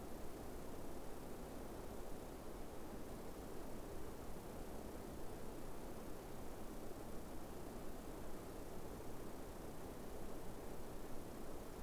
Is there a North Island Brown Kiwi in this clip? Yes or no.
no